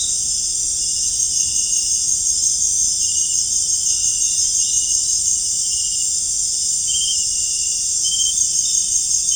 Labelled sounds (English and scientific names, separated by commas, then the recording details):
none
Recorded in dense forest near Puerto Asís, Putumayo, Colombia, on 22 June 2025 at 18:30
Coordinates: 0.481, -76.323
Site G072